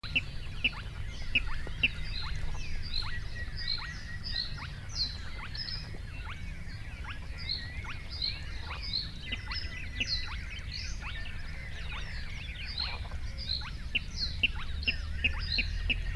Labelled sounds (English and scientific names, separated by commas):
Spotted Crake (Porzana porzana)